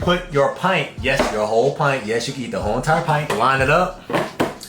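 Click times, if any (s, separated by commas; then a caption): 4.4 s. Someone talks while a frozen plastic pint container is lined up and pressed into the outer bowl and lid assembly of a Ninja Creami ice cream maker. A sharp click at 4.4 s, followed by a softer one just after, confirms the pint has locked into place.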